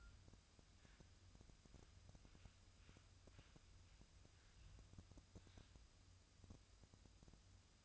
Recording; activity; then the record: daily activity, microphone in the room; wipe stove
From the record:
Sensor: 2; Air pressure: 1004.7 hPa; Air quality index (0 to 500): 73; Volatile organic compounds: 1 ppm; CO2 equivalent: 864 ppm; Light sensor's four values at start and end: 7/16/6/7 and 7/16/6/7